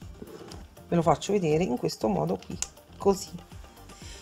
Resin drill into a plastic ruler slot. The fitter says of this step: Come vedete non so se avete sentito fa un click che